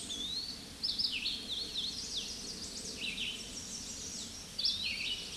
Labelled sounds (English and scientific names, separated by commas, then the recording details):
Red-eyed Vireo (Vireo olivaceus) song
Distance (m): 30 m
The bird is about 15 m above the microphone
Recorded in a Pennsylvania forest on 16 May 2024 at 08:15
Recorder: AudioMoth, point MSD-2095
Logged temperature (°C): 16.3 °C
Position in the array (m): 118 m, 71 m